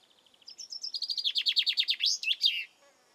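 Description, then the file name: Common chaffinch singing a single cascading phrase, thin high notes quickening into a loud descending trill, closed by an emphatic twisting end note. "Fringilla coelebs"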